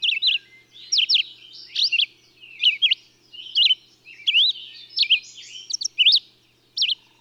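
Bird song: lively high chirping, short sweeping notes in pairs and triplets over a continuous thin twittering background.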